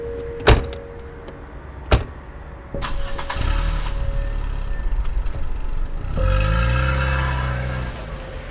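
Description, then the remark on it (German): Two sharp thuds of a car door slamming, then a starter whirs and an engine catches, settling into a steady idle before revving with a rising, throaty drone. No one speaks. “wartete ich vor der Türe, bis Krinninger herauskam und ging dann mit ihm zu seinem Wagen”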